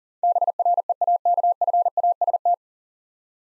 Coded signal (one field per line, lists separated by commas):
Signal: Morse code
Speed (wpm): 40 wpm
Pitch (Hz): 700 Hz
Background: none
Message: BREAKFAST